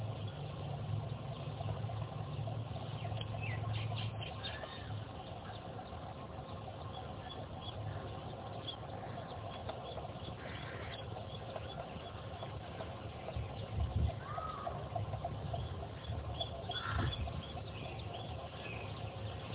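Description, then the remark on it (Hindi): Scattered, faint bird chirps come and go in short high bursts over a steady low rumbling hum, with no one speaking. “सुने पक्षी बोल रहे हैं, हवाएं वृक्षों को हिलाएंगी, और कोई आवाज होगी, चुपचाप सुनते रहे।”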